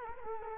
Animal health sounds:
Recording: mosquito wingbeat signal from an infrared sensor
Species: Culex quinquefasciatus

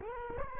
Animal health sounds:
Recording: mosquito wingbeat signal from an infrared sensor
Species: Culex quinquefasciatus

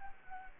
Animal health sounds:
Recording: mosquito wingbeat signal from an infrared sensor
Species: Anopheles gambiae

